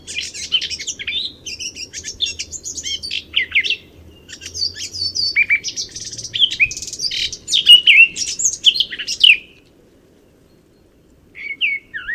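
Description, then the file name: Eurasian blackcap song: rich, fast warbling phrases of high chattering and whistled notes for about nine seconds, a pause, then a brief phrase returning at the end. "Sylvia atricapilla"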